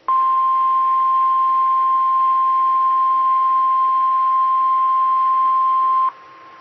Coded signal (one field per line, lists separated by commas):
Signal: Emergency Alert System (SAME) tones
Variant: 1050 Hz attention tone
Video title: 2020-08-27 - W5RHS SKYWARN Repeater System 147.1200 and 146.8050 MHz